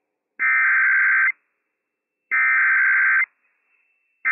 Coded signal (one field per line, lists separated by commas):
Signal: Emergency Alert System (SAME) tones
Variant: header bursts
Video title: Bothell, WA Child Abduction Emergency - WWF56 - EAS #228 - 3:11 AM PDT 4/5/22